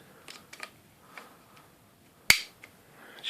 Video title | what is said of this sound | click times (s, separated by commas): Dyson DC40 Animal Overview/Demo | and the tools click into place on either the end of the hose or the wand like this | 2.3 s